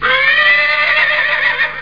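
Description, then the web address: Horse neighing in one loud, sustained, quavering whinny lasting nearly two seconds, with rich harmonics and a slight wavering pitch throughout. "K-CD 2002-03. horse"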